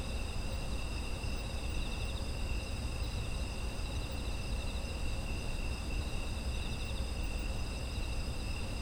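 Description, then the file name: Continuous insect trilling in several high layers, one gently pulsing, lasting the whole stretch over low-pitched background noise. Autumn insect ambient sound. "秋の虫の環境音"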